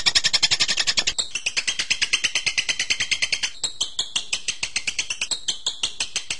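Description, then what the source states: Bird giving a rapid, dense burst of high notes, then a long run of sharp chips repeated several times a second. Masteran birdsong recording used for training birds.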